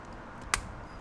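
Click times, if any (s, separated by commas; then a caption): 0.5 s. A plastic building-brick sub-assembly is pressed into the bottom of a LEGO Star Wars set 75382 UCS TIE Interceptor model. A single sharp, bright snap is heard at 0.5 s against quiet background noise. The sub-assembly is seated in place.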